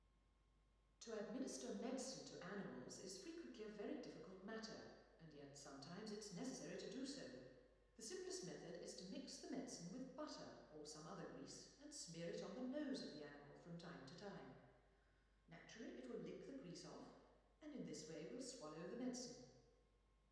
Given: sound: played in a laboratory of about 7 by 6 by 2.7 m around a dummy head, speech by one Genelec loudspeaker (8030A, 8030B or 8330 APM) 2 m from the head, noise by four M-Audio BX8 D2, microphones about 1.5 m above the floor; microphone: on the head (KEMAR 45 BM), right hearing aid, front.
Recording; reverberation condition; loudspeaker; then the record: female speech in English; high; 150 degrees to the right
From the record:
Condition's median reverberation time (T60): about 1300 ms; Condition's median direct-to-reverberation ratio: about -4.0 dB